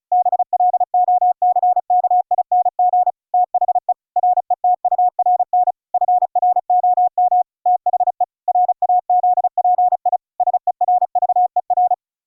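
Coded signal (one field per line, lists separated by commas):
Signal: Morse code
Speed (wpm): 34 wpm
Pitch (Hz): 720 Hz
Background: none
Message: BLOCKING THE RETURN FROM THE RAZPI SERVER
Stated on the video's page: CW audio passed between operators online through a Raspberry Pi server using the Opus codec, not over radio.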